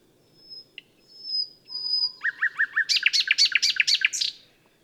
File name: Luscinia megarhynchos